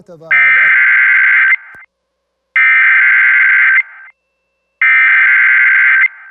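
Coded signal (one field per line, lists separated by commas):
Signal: Emergency Alert System (SAME) tones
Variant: header bursts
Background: speech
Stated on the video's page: EAS tones and messages sounding over live local TV tornado coverage.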